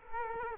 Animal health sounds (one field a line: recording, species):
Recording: mosquito wingbeat signal from an infrared sensor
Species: Culex quinquefasciatus